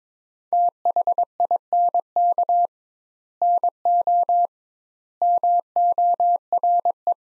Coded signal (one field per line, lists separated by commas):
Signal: Morse code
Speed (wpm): 22 wpm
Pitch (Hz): 700 Hz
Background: none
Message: THINK NO MORE